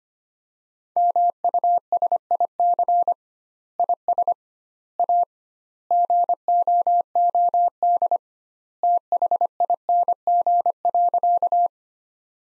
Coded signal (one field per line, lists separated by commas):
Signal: Morse code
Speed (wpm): 25 wpm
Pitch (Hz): 700 Hz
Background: none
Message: MUSIC IS A GOOD THING.